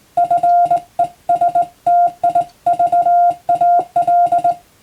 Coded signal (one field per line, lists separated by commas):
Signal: Morse code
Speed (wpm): 20 wpm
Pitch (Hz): 700 Hz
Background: music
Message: FESTIVAL